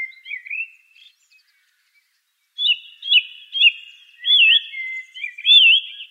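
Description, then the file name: Song thrush song: a few quiet warbles, over a second of silence, then sharp downslurred notes followed by loud wavy whistles given twice. "suara-kicauan-burung-song-thrush -omkicau"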